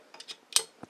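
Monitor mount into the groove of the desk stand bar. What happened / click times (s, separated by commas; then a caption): The metal mount clicked into the stand groove / 0.6 s. A metal center monitor mount for an Ergotech 100-D16-B03 triple monitor desk stand is set on top of the groove in the stand's horizontal bar and pressed down. A few light metallic taps come first, then a sharp, bright click at 0.6 s, followed by softer knocks around 0.8 s. The mount clicks in and is seated on the bar.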